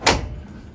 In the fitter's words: you hear it latching and you are good to go